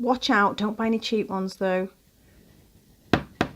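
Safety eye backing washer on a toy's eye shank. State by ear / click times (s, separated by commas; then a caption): seated / 3.1 s, 3.4 s. Someone talks, then a plastic backing washer is pushed further down the shank of a safety eye in a crocheted toy, resting on a hard surface. Two short, sharp clicks are heard at 3.1 s and 3.4 s as the washer clicks further home and seats.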